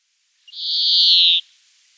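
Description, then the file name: European greenfinch giving a single drawn-out, nasal, buzzy wheeze lasting nearly a second, preceded by a tiny click-like note, in an otherwise quiet setting. "Chloris chloris"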